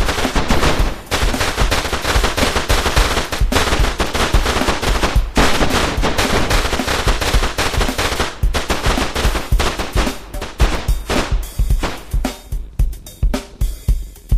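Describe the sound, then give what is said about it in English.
Relentless, loud rapid-fire gunfire mixed with heavy blasts from a big cannon, fired at a man playing hillbilly country music, roars almost without pause, then breaks into separate sharp bursts toward the end. “Big cannon, boys!”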